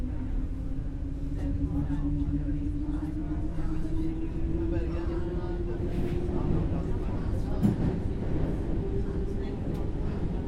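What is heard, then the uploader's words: A train carriage rumbles steadily with a heavy low roar, while a droning tone slowly rises in pitch across the ten seconds. Quiet voices murmur underneath, and small clicks and rattles from the swaying car come and go throughout. The train journey (RER B). In a hot and stuffy train, people talk quietly between themselves and the train carriage sways back and forth.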